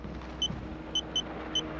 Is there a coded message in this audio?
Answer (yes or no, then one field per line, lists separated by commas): no